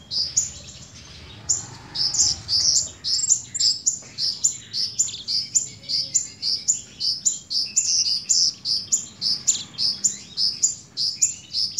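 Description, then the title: Little bird giving a string of piercing high chirps, close to two each second. "Burung Kecil"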